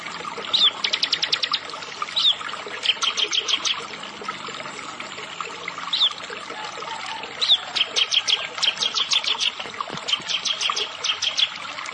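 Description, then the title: Bar-winged prinia repeating phrases of a sharp upslurred note followed by a rapid series of clipped high notes, several phrases throughout. "Ciblek Sawah"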